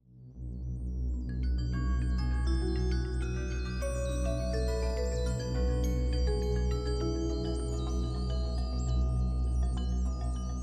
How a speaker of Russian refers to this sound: Громко зазвенели колокола.